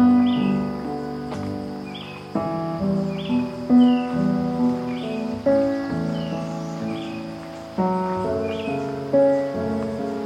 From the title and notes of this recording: Today’s Soundwalk was taken April 8th 2022 along the Palm Hammock Trail at Merritt Island NWR in Florida.